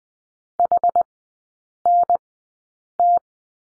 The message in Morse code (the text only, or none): HNT